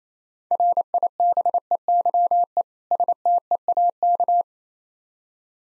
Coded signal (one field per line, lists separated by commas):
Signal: Morse code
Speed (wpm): 28 wpm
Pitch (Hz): 700 Hz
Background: none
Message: RIBEYE STEAK